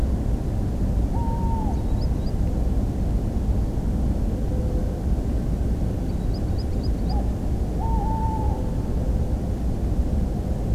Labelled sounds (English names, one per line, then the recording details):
Tawny Owl
Green Sandpiper
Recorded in France